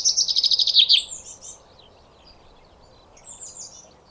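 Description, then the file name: Common chaffinch song: a rapid rattling trill of repeated notes closing with a quick flourish, then quiet with bird chirps. "Fringilla coelebs"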